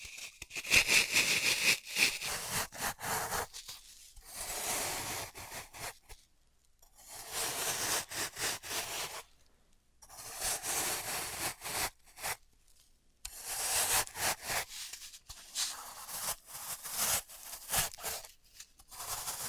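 Floral foam is worked in bursts of crumbly, crunching and scraping sounds, bright and hissy with many sharp ticks and taps. Busy stretches alternate with near-silent gaps around 4, 6–7, 9–10 and 12–13 seconds, and each burst has an uneven, gritty texture.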